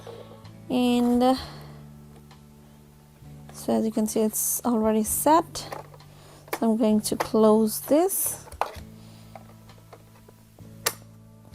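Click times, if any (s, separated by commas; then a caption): 10.9 s. Someone talks while a plastic cover on a Shellbot robot vacuum cleaner body is closed after a part has been reinstalled. The cover clicks shut with a sharp snap at 10.9 s, confirming it is seated.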